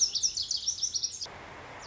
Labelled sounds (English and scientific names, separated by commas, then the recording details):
Lazuli Bunting (Passerina amoena)
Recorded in Sonoma County, California